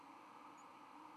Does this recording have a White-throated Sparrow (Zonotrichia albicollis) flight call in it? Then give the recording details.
no. Another species' flight call is heard. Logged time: 04:53 on 31 October 2014